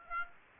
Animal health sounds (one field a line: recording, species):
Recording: mosquito wingbeat signal from an infrared sensor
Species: Aedes aegypti